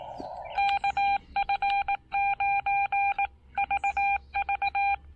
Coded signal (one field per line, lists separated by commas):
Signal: Morse code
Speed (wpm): 18 wpm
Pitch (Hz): 800 Hz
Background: none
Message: KF9VV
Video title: First CW POTA activation with my new Xiegu X6100 at Lake Norman State Park!